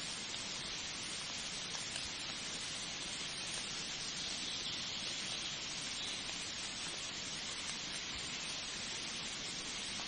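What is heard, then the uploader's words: Light rain falls in a steady, dense hiss, bright and even throughout, with fine close pattering and no other sounds breaking through. Warm rain, cold winter light rain.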